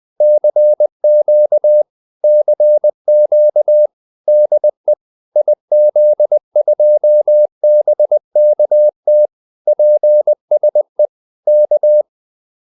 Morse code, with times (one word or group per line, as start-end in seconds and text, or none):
0.2-1.8 CQ
2.2-3.9 CQ
4.3-4.9 DE
5.4-9.3 IZ2BKT
9.7-11.1 PSE
11.5-12.0 K